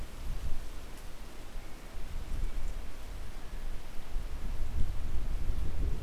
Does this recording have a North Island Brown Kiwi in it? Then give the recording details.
yes. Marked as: faintness 5/5. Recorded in New Zealand on 10 October 2014. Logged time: 22:59. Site DE66